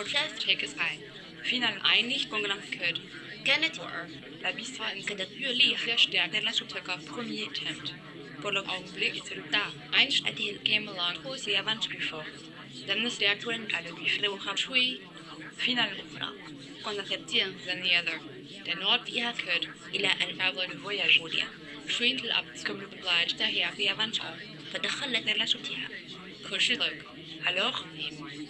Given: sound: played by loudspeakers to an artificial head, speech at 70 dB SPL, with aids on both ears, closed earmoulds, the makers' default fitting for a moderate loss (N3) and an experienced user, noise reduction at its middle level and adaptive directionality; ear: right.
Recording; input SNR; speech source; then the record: speech test signal (ISTS) in cocktail-party noise; 0 dB; in front (0 degrees)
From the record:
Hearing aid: class 1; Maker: C